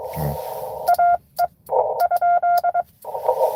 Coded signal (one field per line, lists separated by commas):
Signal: Morse code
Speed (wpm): 23 wpm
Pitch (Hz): 1400 Hz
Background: speech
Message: AE ?